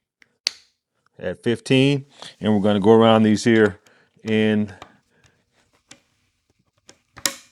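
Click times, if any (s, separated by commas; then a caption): 7.3 s. A XEIMILE torque screwdriver from a 27-piece set, set to 15 inch-pounds, tightens a screw as part of a diagonal pattern while someone talks. Small faint ticks are heard, then a sharp click at 7.3 s as the driver reaches its setting.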